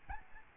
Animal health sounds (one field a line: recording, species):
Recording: mosquito wingbeat signal from an infrared sensor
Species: Aedes albopictus